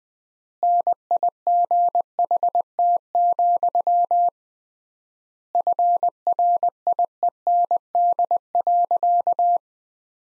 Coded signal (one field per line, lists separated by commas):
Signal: Morse code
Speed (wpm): 19 wpm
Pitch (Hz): 700 Hz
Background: none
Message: NIGHT, FRIEND.